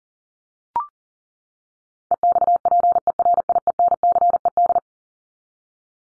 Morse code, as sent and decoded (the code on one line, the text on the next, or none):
. -..- .--. . .-. .. . -. -.-. . -..
EXPERIENCED